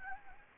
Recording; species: mosquito wingbeat signal from an infrared sensor; Anopheles gambiae